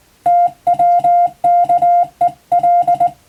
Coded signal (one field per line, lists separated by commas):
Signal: Morse code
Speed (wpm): 20 wpm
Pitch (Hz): 700 Hz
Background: music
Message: TWKEL